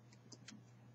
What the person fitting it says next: it's closed all around. It snapped into place.